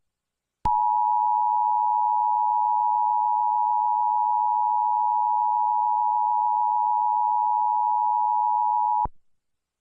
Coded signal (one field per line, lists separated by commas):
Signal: Emergency Alert System (SAME) tones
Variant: 853 and 960 Hz attention tone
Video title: a green reacting to eas alarm from different countries